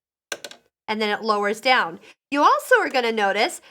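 The knee lifter (Free Hand System) of a Bernina 350 sewing machine is slid all the way over, and the presser foot lever latch at the back of the machine clicks free at 0.3 s, followed by two fainter ticks. Someone then talks as the presser foot lowers, leaving the latch released.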